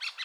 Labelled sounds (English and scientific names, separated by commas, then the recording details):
Brown-throated Parakeet (Eupsittula pertinax) contact call
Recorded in Curacao